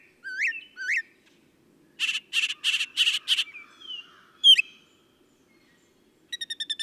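Northern mockingbird song: two rising whistles, a fast burst of harsh buzzy notes, a single swooping note, then a rapid series of short notes.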